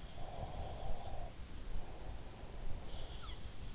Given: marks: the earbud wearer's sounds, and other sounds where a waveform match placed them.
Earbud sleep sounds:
sounds in sleep by an in-ear microphone; breath
0.17-3.27 s: breath
2.87-3.75 s: sound from someone else or the room

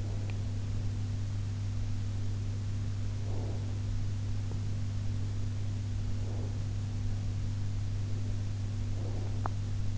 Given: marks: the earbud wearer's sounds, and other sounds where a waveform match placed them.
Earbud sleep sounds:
sounds in sleep by an in-ear microphone; breath, teeth grinding
0.00-0.52 s: breath
3.27-3.61 s: breath
9.03-9.54 s: teeth grinding

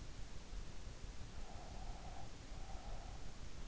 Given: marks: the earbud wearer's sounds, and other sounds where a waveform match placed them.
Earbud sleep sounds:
sounds in sleep by an in-ear microphone; breath
1.37-3.26 s: breath

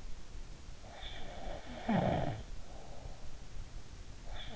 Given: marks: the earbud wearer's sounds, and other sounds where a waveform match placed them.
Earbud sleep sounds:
sounds in sleep by an in-ear microphone; snoring breath
0.98-3.29 s: snoring breath

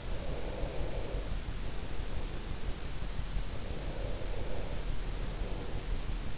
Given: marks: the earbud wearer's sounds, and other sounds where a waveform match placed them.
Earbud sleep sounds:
sounds in sleep by an in-ear microphone; breath
0.15-2.22 s: breath
3.38-6.00 s: breath

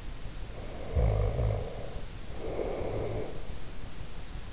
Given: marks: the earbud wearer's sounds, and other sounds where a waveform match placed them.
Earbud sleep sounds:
sounds in sleep by an in-ear microphone; snoring breath
0.70-3.39 s: snoring breath

